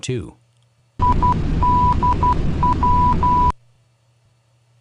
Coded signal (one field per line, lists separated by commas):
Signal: Morse code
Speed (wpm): 12 wpm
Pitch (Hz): 990 Hz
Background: speech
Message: IDW